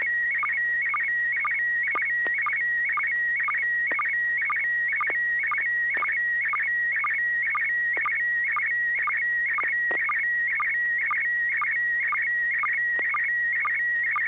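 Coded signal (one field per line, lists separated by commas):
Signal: SSTV (slow-scan television)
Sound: steady warbling high tone with rapid chirpy flutters and regular low blips, twice per second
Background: low hum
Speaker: The picture came through very well. Hardly any of those little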